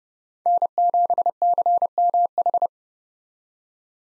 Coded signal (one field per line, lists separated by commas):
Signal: Morse code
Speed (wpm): 36 wpm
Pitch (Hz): 700 Hz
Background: none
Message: N7CMH